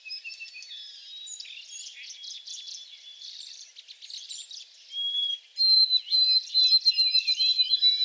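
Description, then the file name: White-throated sparrow: several small birds chatter and trill before a White-throated sparrow sings a bright run of rapid repeated whistled notes toward the end. Recorded 28 April 2022 in shrubs at the back. "2022-04-28 White-throated Sparrow in back shrubs"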